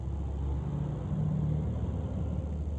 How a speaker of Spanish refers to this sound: Bueno, después de que pasó el pinche camión que da un chingo de ruido,